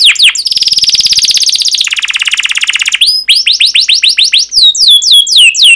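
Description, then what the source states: Canary song with a long fast buzzy trill, shifting to a lower rattle, then repeated rising and falling whistled notes in quick succession. Long canary song recording used as a lure or training recording for teaching other canaries.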